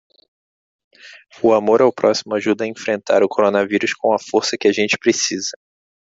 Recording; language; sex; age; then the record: spoken sentence; Brazilian Portuguese; male; 30 to 39 years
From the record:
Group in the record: control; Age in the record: 32 years